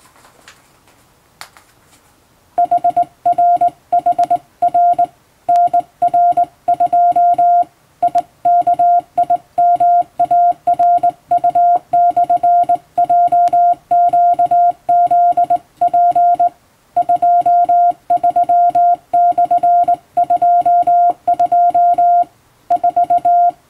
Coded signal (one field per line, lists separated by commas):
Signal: Morse code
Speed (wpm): 21 wpm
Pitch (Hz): 700 Hz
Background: music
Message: HRHR NR2 IKIMARU/JQZP 23/22 4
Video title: モールスの基本的な打ち方！綺麗な手打ちモールス符号で送信しよう！欧文モールス信号を電報練習帳で打ってみました！YouTubeの再生速度を調整して聴いてみよう(morse code practice)